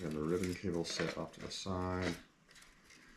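Someone talks while handling the ribbon cable part of a 3D printer near its holder, followed by faint, quiet handling sounds around 2.5 seconds. The part has not been pressed home, and nothing has seated or clicked yet.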